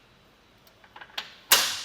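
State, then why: Seated. Pushing up the tilt lever and folding the metal arms of a RockyMounts AfterParty Swing Away hitch bike rack for 2 bikes, mounted on a 2024 Ram 1500, into the upright storage position. Faint ticks near 0.7, 0.8 and 1.0 seconds and a sharper tap at 1.2 seconds lead to a loud, bright metallic click at 1.5 seconds that rings down. That click is the fold-up latch engaging, locking the rack upright.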